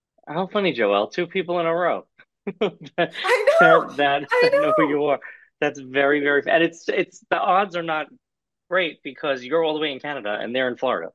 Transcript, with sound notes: How funny, Joelle. Two people in a row. (laughs)
I know. I know.
... that know who you are. That's very, very f-... And it's, it's... The odds are not great, because you're all the way in Canada, and they're in Florida.